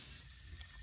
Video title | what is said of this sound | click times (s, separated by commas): How to put vector back together part 1 | and it snaps down that's it | 0.6 s